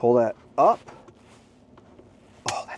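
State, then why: Seated. Someone talks while a ball-head phone holder mount is slid into the bottom rail of a Tesla Model 3/Y dashboard accessory station and pulled up, with faint handling ticks. A sharp click at 2.5 s is the mount snapping into place, seated and locked in the station.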